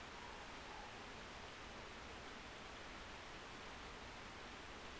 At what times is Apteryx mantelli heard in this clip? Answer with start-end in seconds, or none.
none